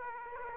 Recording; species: mosquito wingbeat signal from an infrared sensor; Aedes aegypti